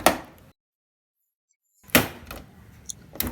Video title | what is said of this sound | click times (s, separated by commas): How to Open Samsung Screwless Tv without any Tool, Samsung TU8000 Disassembly | the click sound is normal don't worry or feel that anything inside would be broken don't | 0.1 s, 2.0 s, 3.2 s